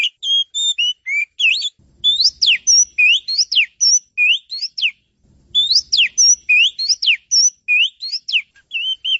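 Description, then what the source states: Oriental magpie-robin song of rapid whistles and sharp falling slurs in two long bursts, with a faint low rumble beneath part of each burst. Champion songster.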